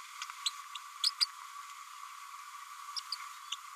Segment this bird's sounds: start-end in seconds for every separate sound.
1.03-1.10, 1.20-1.26, 2.96-3.00, 3.12-3.15, 3.52-3.55